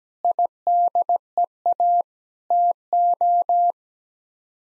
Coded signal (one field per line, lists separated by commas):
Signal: Morse code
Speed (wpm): 17 wpm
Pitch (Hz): 700 Hz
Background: none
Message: IDEA TO